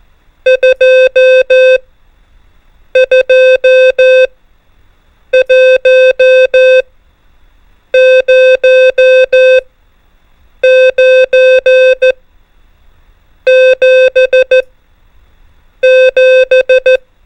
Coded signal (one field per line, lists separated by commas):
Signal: Morse code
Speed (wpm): 14 wpm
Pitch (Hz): 520 Hz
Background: music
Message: 2 2 1 0 9 7 7